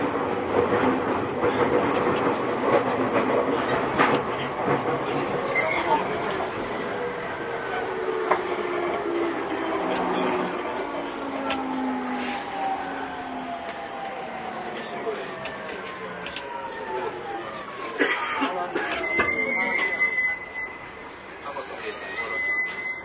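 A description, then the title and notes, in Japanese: Riding a JR 209 series train, with a steady rumble and scattered clicks from the rails. From about 5 to 20 seconds, several motor whines slide down in pitch as the train slows. Near the end a thin, high squeal appears, and the noise briefly drops. JR209系 秋葉原〜新宿。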